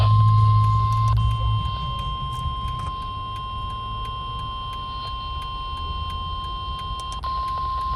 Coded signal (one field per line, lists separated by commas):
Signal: Emergency Alert System (SAME) tones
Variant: 1050 Hz attention tone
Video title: The Day Before Thanksgiving (EAS Tests from 11/23/23) (EAS #1,242-1,245)